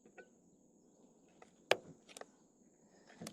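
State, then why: Seated. A beekeeper presses the plastic lid shut on a Hogg Half comb honey cassette. One sharp snap at 1.7 s shows the lid seating, with a few faint taps before and after over low background noise. The lid then lifts back up right afterwards.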